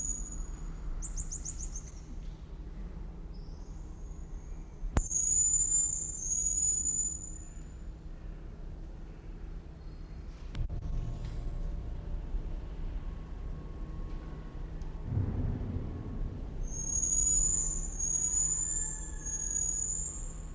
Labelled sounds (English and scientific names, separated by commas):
Common Marmoset (Callithrix jacchus) call